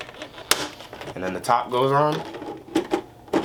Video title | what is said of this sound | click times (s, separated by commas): FIRE SNEAKER CASES TO SHOW YOUR SHOES! | and the one where it popping out is the top and you just snap these in | 0.5 s